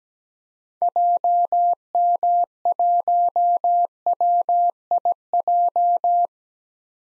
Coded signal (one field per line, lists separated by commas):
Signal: Morse code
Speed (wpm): 17 wpm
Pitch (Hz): 700 Hz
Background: none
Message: JM1WIJ